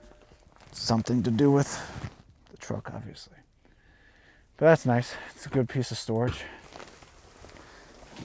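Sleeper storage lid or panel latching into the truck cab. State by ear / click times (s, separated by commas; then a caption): seated / 6.8 s. Someone talks while closing a storage compartment lid or panel in the sleeper of a brand new 2025 Western Star truck cab. A sharp, fast-fading latch click sounds at 6.8 s as the lid catches and locks in place, seated shut.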